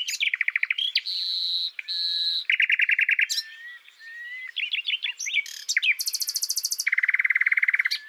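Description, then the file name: Common nightingale song with loud rapid repeated notes, a high buzzy trill, and piping series, switching between contrasting phrases every second or so. "Luscinia megarhynchos"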